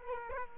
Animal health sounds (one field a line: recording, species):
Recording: mosquito wingbeat signal from an infrared sensor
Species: Culex quinquefasciatus